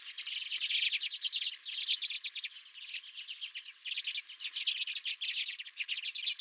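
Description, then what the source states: Redpoll chorus of fast, dry chattering notes, nearly continuous, pulsing in waves of louder twittering throughout. Several redpolls at the recordist's feeder.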